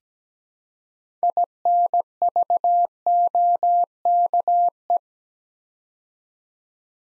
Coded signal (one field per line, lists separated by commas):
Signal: Morse code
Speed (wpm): 17 wpm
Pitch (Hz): 700 Hz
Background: none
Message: INVOKE